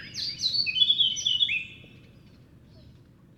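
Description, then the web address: Eurasian blackcap song: one brief, loud warbled phrase of sliding whistles lasting under two seconds, then quiet. "SETE data Sylvia atricapilla"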